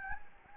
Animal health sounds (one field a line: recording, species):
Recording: mosquito wingbeat signal from an infrared sensor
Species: Anopheles gambiae